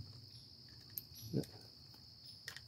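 A quick-detach bipod mount is fitted onto a second Picatinny rail that had given trouble before, with soft fiddling sounds, a small tick near 1.0 s and a duller low knock around 1.4 s over a steady high-pitched whine. After the fiddling it clamps on, and a sharp click at 2.5 s marks the mount locking into place on the rail.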